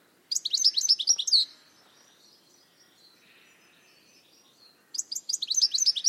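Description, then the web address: Bird calls: a rapid burst of high, sharp chirped notes lasting about a second, then a quiet pause before another fast chattering burst begins. "cianscape birddata Deverinetal 2025 Bird Only Ca Ca Ca Ca"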